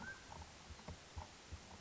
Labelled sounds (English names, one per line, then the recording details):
Mountain Quail
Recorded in Sonoma County, California